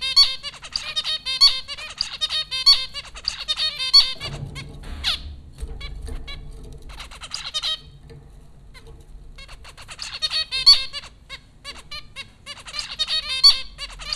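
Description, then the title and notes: Zebra finch calls in dense nasal beeping bursts at start and end, a quieter middle stretch with a knock and low rumble. Zebra finches recorded by Dan Bodah at Popcorn School, Flatbush, Brooklyn, New York, in April 2009. "Dronecast No. 030: The Popcorn Finches Four from Apr 15, 2009. Zebra finches recorded by Dan Bodah at Popcorn School, Flatbush, Brooklyn NY in April 2009"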